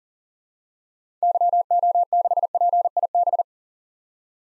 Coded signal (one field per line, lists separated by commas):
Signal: Morse code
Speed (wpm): 40 wpm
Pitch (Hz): 700 Hz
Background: none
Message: YO6PIB